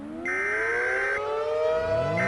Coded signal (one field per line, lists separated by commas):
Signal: Emergency Alert System (SAME) tones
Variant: header bursts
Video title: EAS Scenario Special Neon Virus